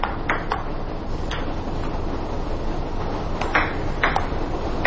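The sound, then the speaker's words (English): Sharp, light taps of a ping pong ball bouncing in a radio studio, clustered in quick pairs with pauses between, over a steady rushing hiss of live rain. No one speaks. “You can hear live rain in the studio. And ping pong, too.”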